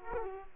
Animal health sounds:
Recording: mosquito wingbeat signal from an infrared sensor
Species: Aedes aegypti

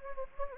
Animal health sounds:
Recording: mosquito wingbeat signal from an infrared sensor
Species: Anopheles gambiae

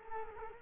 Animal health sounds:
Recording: mosquito wingbeat signal from an infrared sensor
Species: Culex quinquefasciatus

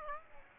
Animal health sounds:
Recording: mosquito wingbeat signal from an infrared sensor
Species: Aedes aegypti

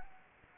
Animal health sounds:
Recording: mosquito wingbeat signal from an infrared sensor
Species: Anopheles gambiae

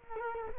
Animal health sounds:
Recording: mosquito wingbeat signal from an infrared sensor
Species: Culex quinquefasciatus

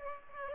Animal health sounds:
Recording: mosquito wingbeat signal from an infrared sensor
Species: Aedes aegypti

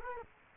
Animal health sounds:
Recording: mosquito wingbeat signal from an infrared sensor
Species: Culex quinquefasciatus

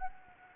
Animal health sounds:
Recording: mosquito wingbeat signal from an infrared sensor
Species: Anopheles gambiae

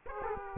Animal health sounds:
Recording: mosquito wingbeat signal from an infrared sensor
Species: Aedes aegypti

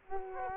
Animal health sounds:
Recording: mosquito wingbeat signal from an infrared sensor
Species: Culex quinquefasciatus

